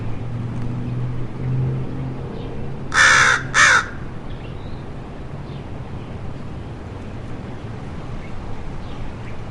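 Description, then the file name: American crow calling two harsh caws in close succession over a low engine-like hum that dies away after the caws, and background rumble. "American Crow Corvus brachyrhynchos"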